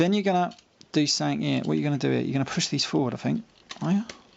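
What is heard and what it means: Someone talks while handling a plastic transforming action figure, pushing parts forward toward their locked position during transformation. Brief faint handling sounds occur between speech, but nothing has seated or clicked yet; the clip ends just before the part snaps home.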